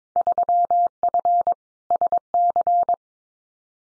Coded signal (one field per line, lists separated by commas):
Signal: Morse code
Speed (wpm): 22 wpm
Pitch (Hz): 700 Hz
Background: none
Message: 3F SC